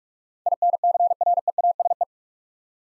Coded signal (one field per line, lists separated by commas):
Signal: Morse code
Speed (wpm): 44 wpm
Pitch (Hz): 700 Hz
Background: none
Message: INCREASE